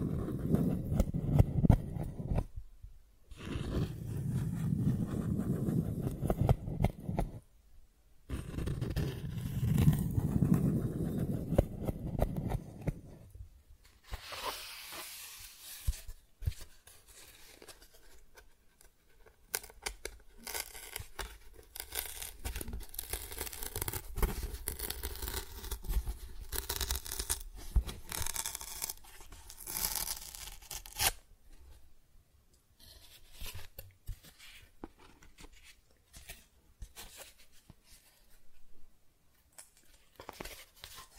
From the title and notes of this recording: ASMR Cardboard Scratching, Tracing, Tearing (No Talking).